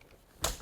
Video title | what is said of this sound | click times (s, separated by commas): [산모교실-Full] 디럭스, 절충형, 휴대용 유모차 사용법 직접 알아보기/ 9회차 | 여기가 락이 있는데 걸리면 딸깍 | 0.5 s